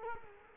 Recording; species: mosquito wingbeat signal from an infrared sensor; Culex quinquefasciatus